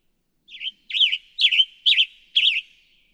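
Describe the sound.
Western Tanager singing five slurred, burry phrases, each wavering up and down, repeated at a quick even rhythm with no other sounds.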